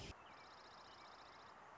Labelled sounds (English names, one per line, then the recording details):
Dark-eyed Junco
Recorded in Sonoma County, California